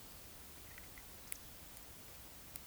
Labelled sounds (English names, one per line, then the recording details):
Eurasian Woodcock whistle
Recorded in Baden-Württemberg, Germany, on 11 June 2021 at 20:09 UTC
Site 24606, 635 m above sea level